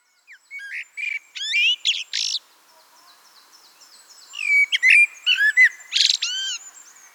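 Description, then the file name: Eurasian blackbird song in two phrases of clear whistles and sharp high twitters separated by a pause, while another small bird repeats thin high notes steadily. "Turdus merula"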